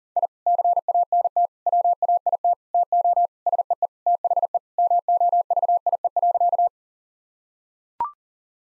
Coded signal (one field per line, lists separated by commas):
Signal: Morse code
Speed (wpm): 40 wpm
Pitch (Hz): 700 Hz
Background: none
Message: I CANT WAIT TO SEE THE MOVIE.